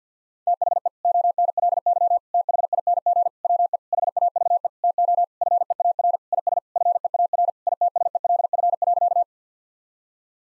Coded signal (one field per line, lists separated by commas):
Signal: Morse code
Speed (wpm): 50 wpm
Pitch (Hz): 700 Hz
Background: none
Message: THE ONLY THING WE HAVE TO FEAR IS FEAR ITSELF.